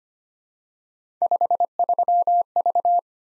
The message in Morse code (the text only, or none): 53V